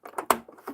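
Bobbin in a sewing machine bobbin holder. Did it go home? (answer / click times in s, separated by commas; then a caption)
yes / 0.3 s. A bobbin is popped back into the bobbin holder of a sewing machine. Light handling taps come before and after a sharp, bright click at 0.3 s, with a softer knock near 0.7 s. The bobbin clicks back into place and is seated.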